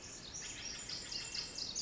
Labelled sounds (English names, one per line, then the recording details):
Pacific Wren
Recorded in Sonoma County, California